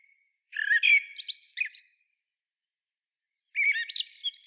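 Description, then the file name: Eurasian blackbird producing two rich bursts of squeaky, twittering notes separated by a pause of about one and a half seconds. "Turdus merula"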